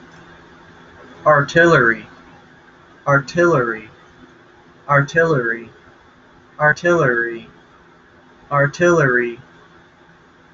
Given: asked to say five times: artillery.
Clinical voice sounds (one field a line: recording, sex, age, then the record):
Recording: repeated word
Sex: male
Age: 20 to 29 years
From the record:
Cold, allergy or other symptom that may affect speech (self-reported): no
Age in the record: 21 years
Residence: Wyoming, United States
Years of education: 16